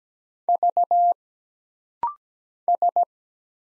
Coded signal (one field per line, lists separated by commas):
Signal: Morse code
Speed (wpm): 17 wpm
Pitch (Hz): 700 Hz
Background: none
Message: V S